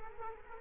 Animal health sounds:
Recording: mosquito wingbeat signal from an infrared sensor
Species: Culex quinquefasciatus

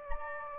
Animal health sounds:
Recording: mosquito wingbeat signal from an infrared sensor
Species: Anopheles gambiae

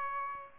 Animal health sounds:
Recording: mosquito wingbeat signal from an infrared sensor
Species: Aedes albopictus

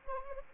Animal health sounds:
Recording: mosquito wingbeat signal from an infrared sensor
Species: Anopheles arabiensis

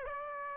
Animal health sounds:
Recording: mosquito wingbeat signal from an infrared sensor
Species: Aedes aegypti

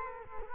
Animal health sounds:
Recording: mosquito wingbeat signal from an infrared sensor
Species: Culex quinquefasciatus

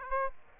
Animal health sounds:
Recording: mosquito wingbeat signal from an infrared sensor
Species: Aedes aegypti

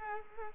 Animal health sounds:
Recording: mosquito wingbeat signal from an infrared sensor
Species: Culex quinquefasciatus

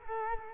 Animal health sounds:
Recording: mosquito wingbeat signal from an infrared sensor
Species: Culex quinquefasciatus

